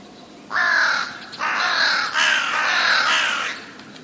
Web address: wroblowe ptaki gawron